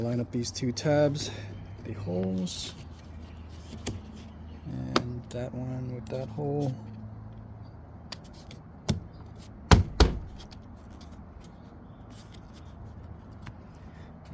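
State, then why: Seated. Someone talks while a plastic interior mirror trim cover is lined up by its tabs and holes and pushed onto the front passenger door of a 2015 Mitsubishi Lancer, after the three 10 mm bolts holding a $40 Amazon passenger side mirror are tightened. A few light taps are followed by two sharp clicks at 9.7 s and 10.0 s as the cover's clips snap in and it seats.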